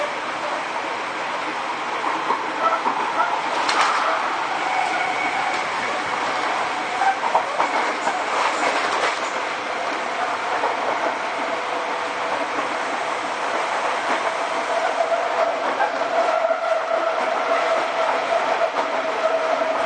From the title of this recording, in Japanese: 相鉄新7000系 海老名〜横浜